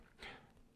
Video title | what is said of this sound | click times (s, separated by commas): How to Use an Ink Cartridge | this click is the cartridge connecting to the feeds ink channel at this point | 0.2 s